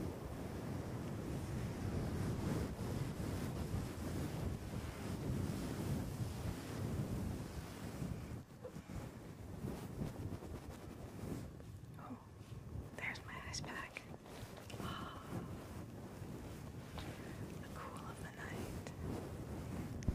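Scratching and rubbing on a microphone, heavy and rumbling, with a thick, continuous rustle for the first eight seconds. After that it eases into quieter, sparser strokes, broken by a few short, bright squeaky tones between about twelve and sixteen seconds.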